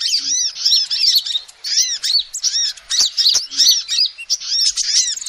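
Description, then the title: Lovebird twittering: quick, high, curved chirps repeated in fast clusters, with a couple of clicks. Lovebird call used as a lure to trap birds. "PIKAT BURUNG LOVEBIRD"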